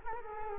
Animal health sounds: mosquito wingbeat signal from an infrared sensor; Culex quinquefasciatus

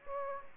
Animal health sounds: mosquito wingbeat signal from an infrared sensor; Aedes aegypti

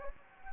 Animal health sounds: mosquito wingbeat signal from an infrared sensor; Anopheles gambiae

